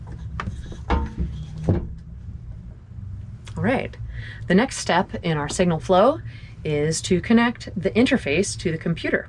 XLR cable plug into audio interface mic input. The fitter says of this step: and push them in until they click all